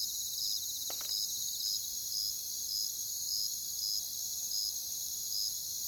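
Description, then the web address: Cricket chirping in short, even pulses roughly twice a second over a steady background of shrill insect trilling; a brief faint tap near the start. "Nature Songs Nature Sounds Sounds of Nature Collection Crickets"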